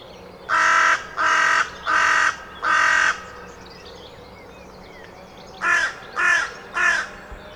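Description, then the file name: Carrion crow delivering four loud harsh caws, a pause, then three shorter caws, with faint small-bird twitters in the background. "Corvus corone"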